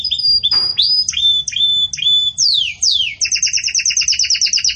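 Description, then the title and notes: Belgian canary song with clear whistled notes, two long falling slurs, then a steady rapid two-toned trill to the end. Pure "campainha" song style delivered with pauses, for training. "Canto Canário Belga Campainha Puro Com Pausa Para Treinamento. CANARIO BELGA"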